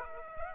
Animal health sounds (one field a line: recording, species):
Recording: mosquito wingbeat signal from an infrared sensor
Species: Aedes aegypti